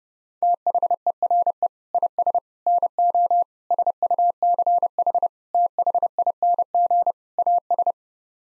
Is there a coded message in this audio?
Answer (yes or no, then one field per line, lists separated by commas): yes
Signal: Morse code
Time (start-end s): 0.4-7.9 s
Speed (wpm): 32 wpm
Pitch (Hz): 700 Hz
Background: none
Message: THERE IS NO SUCH THING AS